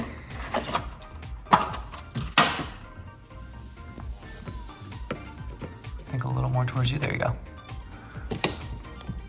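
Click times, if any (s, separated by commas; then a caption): none. During a PC build, a component, likely memory modules, is lined up and pushed into its slot on the motherboard while working upside down. Someone talks over background music as short handling knocks and taps sound, the loudest near 1.5 s, 2.4 s and 8.4 s. Nothing has seated or clicked yet.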